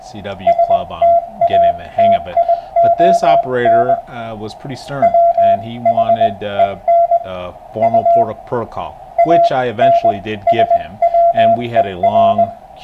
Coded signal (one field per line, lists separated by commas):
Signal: Morse code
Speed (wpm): 20 wpm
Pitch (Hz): 680 Hz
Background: speech, radio noise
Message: STATION WHEN U ANSWER